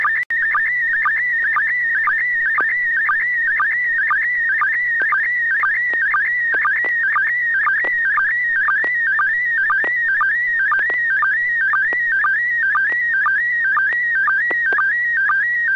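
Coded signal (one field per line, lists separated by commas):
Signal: SSTV (slow-scan television)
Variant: PD 120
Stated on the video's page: SSTV net on a 441.300 MHz FM repeater.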